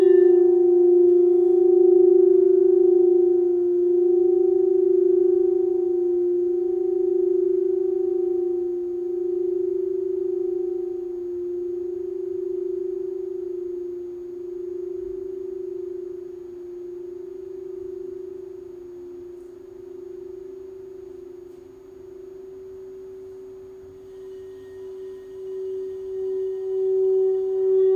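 A single sustained tone from a sound bath, like a singing bowl, hums at a mid pitch with a softer ring an octave above. It wavers gently and slowly fades across the half minute, then swells slightly near the end as faint higher shimmers appear.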